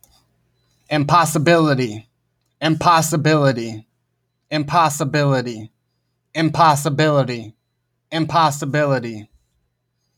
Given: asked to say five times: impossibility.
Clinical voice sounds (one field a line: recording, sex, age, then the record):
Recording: repeated word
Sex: male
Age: 30 to 39 years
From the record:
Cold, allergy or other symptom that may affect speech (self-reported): no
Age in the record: 32 years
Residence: Iowa, United States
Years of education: 12